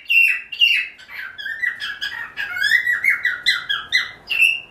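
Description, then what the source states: Cockatiel calling in a rapid run of harsh, warbling chirps and squawks, notes rising and falling in steady succession with little pause. Pearl cockatiel.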